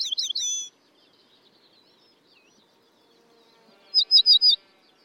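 Cretzschmar's bunting giving two brief phrases of three and four sharp, downslurred whistled notes separated by a few seconds of quiet.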